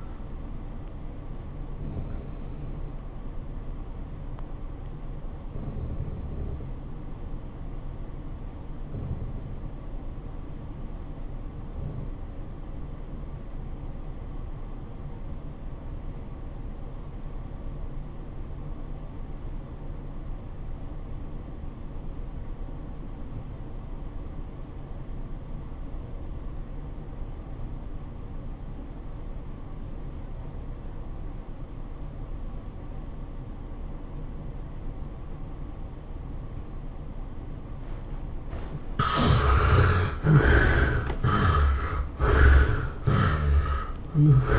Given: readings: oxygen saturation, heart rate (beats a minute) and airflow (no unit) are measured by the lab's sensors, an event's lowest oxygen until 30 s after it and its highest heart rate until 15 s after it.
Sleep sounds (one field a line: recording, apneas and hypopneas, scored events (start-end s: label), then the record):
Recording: breathing in sleep by a smartphone at the bedside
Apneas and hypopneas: 1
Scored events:
3.00-38.00 s: obstructive apnea (REM, oxygen 96% highest, then 64% lowest, heart rate 108 at the start, 113 highest)
From the record:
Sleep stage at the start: REM sleep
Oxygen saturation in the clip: 69 to 96%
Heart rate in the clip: 69 to 114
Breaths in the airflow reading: 4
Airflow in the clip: -17.8 to 10.8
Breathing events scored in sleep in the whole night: 403 in 5.5 hours asleep